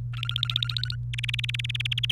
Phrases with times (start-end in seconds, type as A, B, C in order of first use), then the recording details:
0.13-0.96 A, 1.13-2.11 B. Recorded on 28 April 2018 at 17:55. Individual llb3